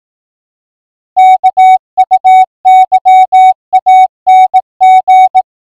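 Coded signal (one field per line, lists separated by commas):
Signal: Morse code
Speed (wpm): 18 wpm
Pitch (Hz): 750 Hz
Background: music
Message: KUYANG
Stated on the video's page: International Space Station heard on VHF with a 3-element Yagi.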